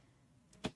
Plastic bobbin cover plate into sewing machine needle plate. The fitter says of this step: And then I'm going to push back until it clicks in place.